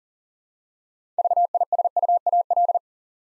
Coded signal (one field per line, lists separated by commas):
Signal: Morse code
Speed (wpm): 37 wpm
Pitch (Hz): 700 Hz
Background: none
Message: VISUAL